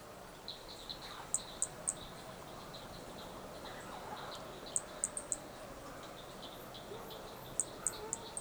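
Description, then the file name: Flea-toad calling in short high-pitched pips, some grouped in quick threes at about 1.5, 5 and 8 seconds, with softer lower notes early on; quiet hissing background. Brachycephalus hermogenesi recorded at Picinguaba, Brazil; a single specimen; several starting notes lost, recorded without interruption. "Brachy hermogenesi Picinguaba specimen one several starting notes lost without interruption"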